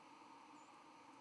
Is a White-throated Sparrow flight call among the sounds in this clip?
yes